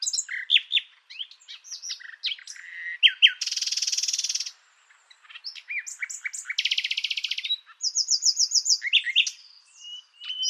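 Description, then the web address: Bird song, a rapid varied medley of high chirps and slurred notes, with two long buzzy trills and a fast series of sharp ticking notes near the end. "Deverinetal 2025 File origin Bird Only"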